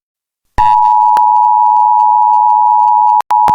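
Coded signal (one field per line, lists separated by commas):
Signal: Emergency Alert System (SAME) tones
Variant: 853 and 960 Hz attention tone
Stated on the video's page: Fictional EAS scenario with valid SAME tones: Tornado Emergency, Extreme Tornado Emergency and derecho extreme wind alerts for California.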